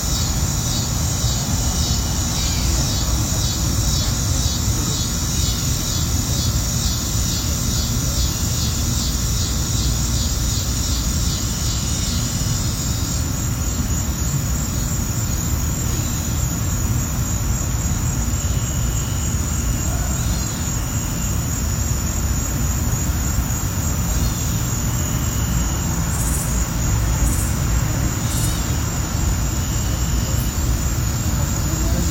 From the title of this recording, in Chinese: 一个坐落在美国弗吉尼亚州丛林里的小院，可以听见虫鸣鸟叫和邻居远处说话的声音